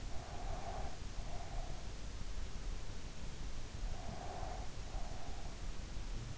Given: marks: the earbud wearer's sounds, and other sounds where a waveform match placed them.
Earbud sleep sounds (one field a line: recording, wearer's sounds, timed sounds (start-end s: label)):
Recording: sounds in sleep by an in-ear microphone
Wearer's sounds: breath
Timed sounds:
0.21-1.84 s: breath
3.86-5.65 s: breath